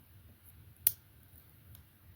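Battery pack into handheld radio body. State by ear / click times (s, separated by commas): seated / 0.9 s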